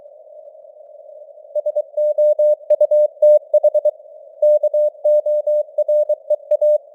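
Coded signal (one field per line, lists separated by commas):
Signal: Morse code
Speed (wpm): 23 wpm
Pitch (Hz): 600 Hz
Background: none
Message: SOUTH KOREA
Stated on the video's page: Simulated news headlines in Morse at 23 wpm with simulated radio noise and varying signal strength (QSB).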